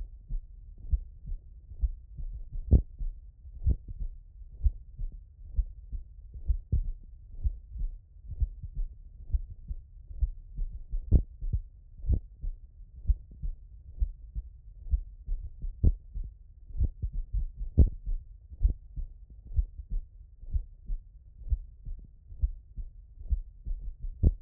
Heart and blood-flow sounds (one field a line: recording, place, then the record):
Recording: heart sounds by stethoscope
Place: tricuspid valve (TV)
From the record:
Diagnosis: non-HFrEF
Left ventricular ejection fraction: 68%